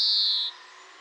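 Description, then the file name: European greenfinch call: a single high, clear note held about half a second, drifting slightly downward, then quiet. "Chloris chloris"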